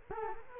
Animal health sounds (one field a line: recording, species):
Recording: mosquito wingbeat signal from an infrared sensor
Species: Culex quinquefasciatus